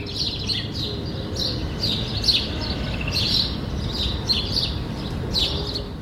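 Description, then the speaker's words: Sparrows chirping, several bursts of short high chirps over steady low background noise. Sparrows heard through an open window, repeatedly flying into an air-conditioner box on the wall of the building opposite and chirping there. "Я заметил, что туда постоянно залетают воробьи и пищат."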